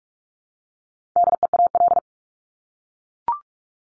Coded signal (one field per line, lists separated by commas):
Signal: Morse code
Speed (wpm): 44 wpm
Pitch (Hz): 700 Hz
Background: none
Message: DEAL